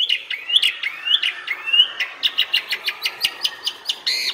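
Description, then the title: Asian pied starling song: rising slurred whistles at the start, then a steady series of short clipped chirps, ending in a harsh burst. Training song (masteran) meant to fix birds that sing too little and are sluggish. "Masteran Jalak Suren Atasi Burung KURANG GACOR Dan LOYO"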